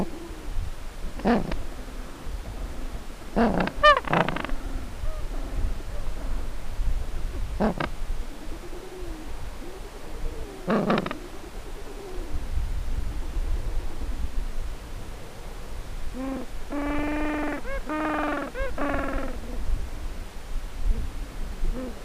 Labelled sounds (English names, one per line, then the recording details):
Gentoo Penguin
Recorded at the colony at Heroina Island, Antarctica, on 10 December 2015
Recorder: Song Meter SM2+